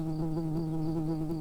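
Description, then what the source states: Early bumblebee buzzing steadily, a low continuous droning hum with rich overtones and a slight wavering in pitch, and no other sounds. Early bumblebee workers.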